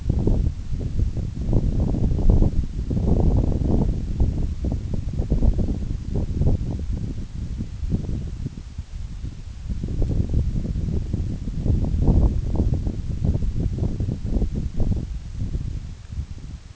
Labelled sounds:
none
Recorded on Arctic tundra, site NAIT-1, on 26 June 2019
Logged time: 16:00

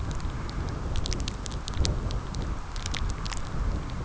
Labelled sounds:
none
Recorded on Arctic tundra, site CORI-1, on 15 June 2018
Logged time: 12:00

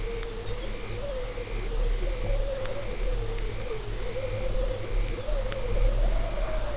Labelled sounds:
Dunlin
Lapland Longspur
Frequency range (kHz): Lapland Longspur 2.8-5.0 kHz
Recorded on Arctic tundra, site UTQI-5, on 19 June 2018
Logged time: 22:00

